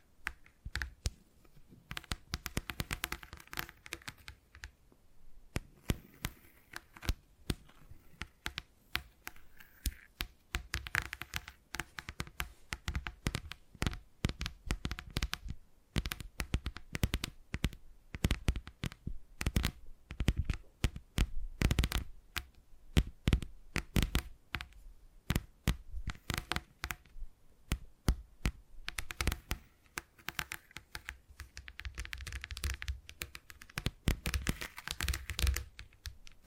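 Tapping sounds run throughout, made of rapid, crisp clicks and taps that come in dense bursts with short pauses between them, roughly every few seconds. The taps are sharp and bright, with some soft rustling of hands in between, and the pace never settles into a steady rhythm.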